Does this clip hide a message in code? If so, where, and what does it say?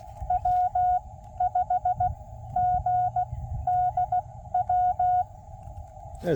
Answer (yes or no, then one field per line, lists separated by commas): yes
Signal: Morse code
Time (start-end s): 0.3-5.2 s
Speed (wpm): 20 wpm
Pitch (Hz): 740 Hz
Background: speech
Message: W5GDW